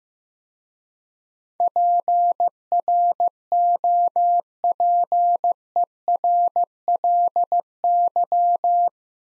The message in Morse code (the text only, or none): PROPERLY